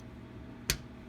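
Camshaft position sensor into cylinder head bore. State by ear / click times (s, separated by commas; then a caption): seated / 0.7 s. A new exhaust camshaft position sensor, part 22056AA210, with an oiled O-ring is pushed by hand from underneath the car into its lower-right bore in the cylinder head of a Subaru STI 2.5 H4 EJ257 engine, for code P0024. Over a quiet low hum, one sharp, loud click is heard at 0.7 s as the sensor seats fully in the bore.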